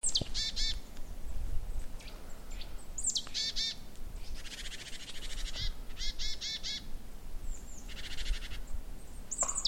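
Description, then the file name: Great tit scolding: quick groups of three or four ringing, stacked notes alternate with dry, rasping churrs, repeated several times throughout, with faint low rumble beneath. "Parus major"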